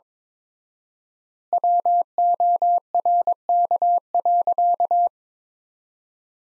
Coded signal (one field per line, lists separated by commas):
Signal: Morse code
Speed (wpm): 21 wpm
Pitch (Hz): 700 Hz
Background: none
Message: WORK.